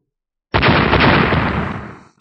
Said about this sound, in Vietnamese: Một tiếng nổ ầm kinh thiên đột nhiên vang lên. Nắm đấm của Vương Lâm và bàn tay tinh quang kia đánh thẳng vào nhau.